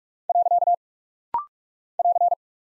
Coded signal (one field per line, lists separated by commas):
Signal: Morse code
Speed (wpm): 46 wpm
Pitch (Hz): 700 Hz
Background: none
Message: . <AR>